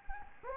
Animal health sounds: mosquito wingbeat signal from an infrared sensor; Anopheles gambiae

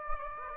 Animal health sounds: mosquito wingbeat signal from an infrared sensor; Anopheles gambiae

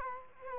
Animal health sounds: mosquito wingbeat signal from an infrared sensor; Culex quinquefasciatus

